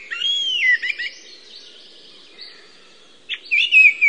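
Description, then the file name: Eurasian blackbird singing: a mellow whistled phrase that dips, then a thin high twitter, with a new fluty phrase starting near the end. "mustarastas"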